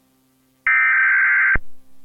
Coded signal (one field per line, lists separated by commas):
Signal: Emergency Alert System (SAME) tones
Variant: header bursts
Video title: EAS Mock - BeamNG But In Real Life